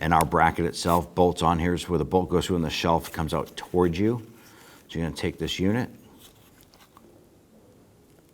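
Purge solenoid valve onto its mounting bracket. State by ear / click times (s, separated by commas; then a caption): not seated / none. Someone talks while handling a new vapor canister purge solenoid valve for a 2006–2010 Hummer H3, positioning it, with its gray port meant to face the front of the vehicle, at its metal mounting bracket before sliding it on. After the talking, a few small, quiet handling taps are heard around 6.6 to 7.0 seconds. The valve has not yet seated or clicked onto the bracket's spring clip.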